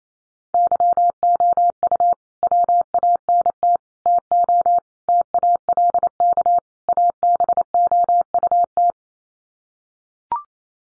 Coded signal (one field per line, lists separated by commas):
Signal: Morse code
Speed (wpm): 28 wpm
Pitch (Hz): 700 Hz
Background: none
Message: YOU WANT TO TALK ABOUT